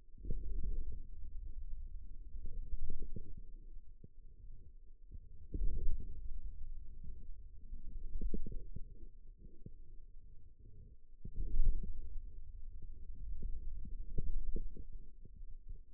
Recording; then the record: forearm muscle sounds (acoustic myography)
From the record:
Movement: wrist extension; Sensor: system 2, bracelet of six BSWA MPA416 microphones around the upper forearm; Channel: 3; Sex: male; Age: 22 years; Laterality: right